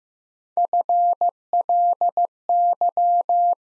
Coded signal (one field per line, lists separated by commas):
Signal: Morse code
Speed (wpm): 15 wpm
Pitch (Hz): 700 Hz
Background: none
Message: FLY